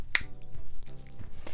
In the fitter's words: put it in and you just want to push hard enough so you hear it click and then